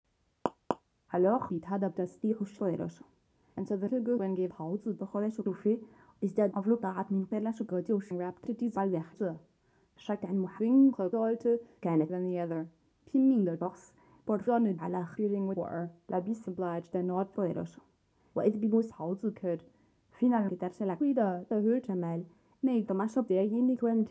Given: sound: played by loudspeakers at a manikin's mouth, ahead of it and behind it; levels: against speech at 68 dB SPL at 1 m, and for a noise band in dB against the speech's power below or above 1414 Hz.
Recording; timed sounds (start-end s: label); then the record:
test signals for a remote microphone
0.46 s: click
0.71 s: click
1.08-24.11 s: speech test signal (ISTS)
From the record:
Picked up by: measurement microphone